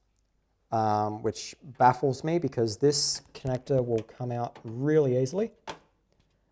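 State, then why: Seated. A large keyed cable connector is pushed onto its motherboard header pins while someone talks, and it seats with a single short knock at 5.7 s rather than a latch click. The connector is in but unlatched, since it has no locking mechanism and will pull out easily.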